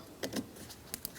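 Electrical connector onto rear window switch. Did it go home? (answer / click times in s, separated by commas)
no / none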